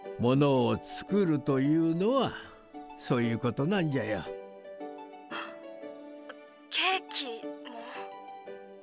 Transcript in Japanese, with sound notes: 物を作るというのは、そういうことなんじゃよ。… （息をのむ）
ケーキ…